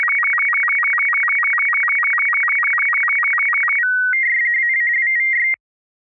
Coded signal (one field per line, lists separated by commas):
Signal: SSTV (slow-scan television)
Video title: just learned how to create SSTV signals